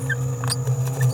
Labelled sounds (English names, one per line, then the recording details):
Green-rumped Parrotlet babbling
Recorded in a nest box in Venezuela
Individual 18B17A4